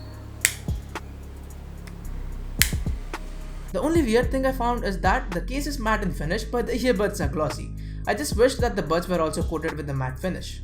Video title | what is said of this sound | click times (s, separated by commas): Are These the Best TWS Under 6k? One Plus Buds Review | and there is also this metal hinge that produces a satisfying click every time you close the case | 0.5 s, 2.6 s